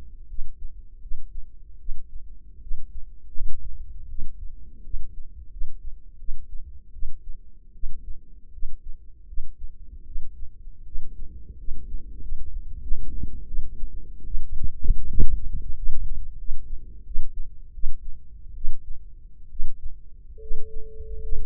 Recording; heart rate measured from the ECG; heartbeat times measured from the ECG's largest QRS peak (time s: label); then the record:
heart sounds by microphone in the left ear; 80 bpm
0.28 s: heartbeat
1.01 s: heartbeat
1.78 s: heartbeat
2.61 s: heartbeat
3.32 s: heartbeat
4.08 s: heartbeat
4.83 s: heartbeat
5.50 s: heartbeat
6.18 s: heartbeat
6.92 s: heartbeat
7.73 s: heartbeat
8.52 s: heartbeat
9.27 s: heartbeat
10.05 s: heartbeat
10.84 s: heartbeat
11.57 s: heartbeat
12.20 s: heartbeat
12.80 s: heartbeat
13.46 s: heartbeat
14.25 s: heartbeat
15.08 s: heartbeat
15.75 s: heartbeat
16.37 s: heartbeat
17.04 s: heartbeat
17.72 s: heartbeat
18.54 s: heartbeat
19.49 s: heartbeat
20.39 s: heartbeat
21.20 s: heartbeat
From the record:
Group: healthy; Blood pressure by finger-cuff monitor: 96/49 mmHg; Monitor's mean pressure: 64 mmHg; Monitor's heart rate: 80 bpm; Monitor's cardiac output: 8 L/min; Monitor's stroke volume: 98 mL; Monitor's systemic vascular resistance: 570 dyn s/cm5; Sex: female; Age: 22 years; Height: 157 cm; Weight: 47.6 kg